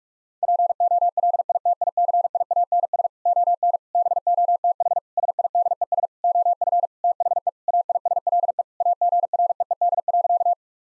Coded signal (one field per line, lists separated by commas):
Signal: Morse code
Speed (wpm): 46 wpm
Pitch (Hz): 700 Hz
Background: none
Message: POLITICIANS ON BOTH SIDES OF THE AISLE AGREED.